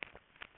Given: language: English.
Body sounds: throat vibration sensor signal played as sound; swallow

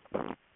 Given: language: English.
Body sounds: throat vibration sensor signal played as sound; swallow

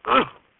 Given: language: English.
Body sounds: throat vibration sensor signal played as sound; cough

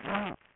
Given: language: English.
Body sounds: throat vibration sensor signal played as sound; throat clearing

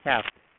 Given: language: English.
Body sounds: throat vibration sensor signal played as sound; speech

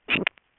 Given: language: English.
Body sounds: throat vibration sensor signal played as sound; swallow

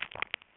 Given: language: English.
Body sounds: throat vibration sensor signal played as sound; swallow

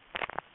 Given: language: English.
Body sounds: throat vibration sensor signal played as sound; swallow

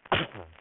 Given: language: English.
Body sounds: throat vibration sensor signal played as sound; cough

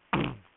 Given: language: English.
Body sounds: throat vibration sensor signal played as sound; throat clearing

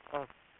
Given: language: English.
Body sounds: throat vibration sensor signal played as sound; speech

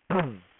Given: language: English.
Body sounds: throat vibration sensor signal played as sound; throat clearing

